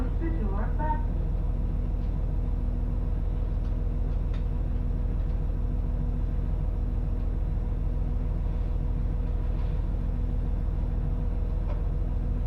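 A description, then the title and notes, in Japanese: A Tsugaru Line train rolls from Kanita toward Tsugaru-Futamata, a steady low rumble with a faint hum, brief tones near the start, and occasional clicks. 津軽線 蟹田→津軽二股。列車はGV-E400系の1両で、いわゆるハイブリッド車になります。ほどよく混んでいてロングシートに座ります。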